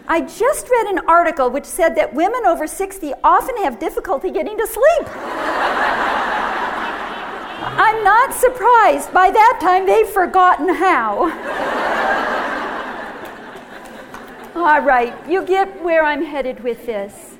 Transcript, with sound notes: "I just read an article which said that women over sixty often have difficulty getting to sleep. [laughter] I'm not surprised! By that time they've forgotten how!" [laughter] All right, you get where I'm headed with this.